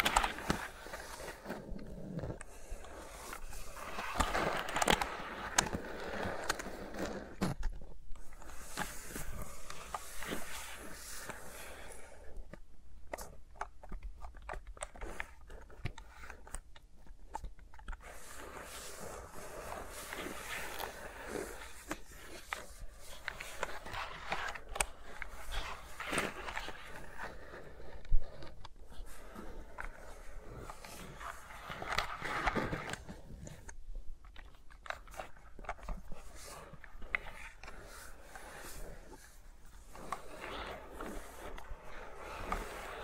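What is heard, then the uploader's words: Fingers rub and tap around microphones in dense crackling, rustling bursts, easing into quieter stretches near 13 and 35 seconds, with no talking. ASMR with Mics Around My Fingers (No Talking).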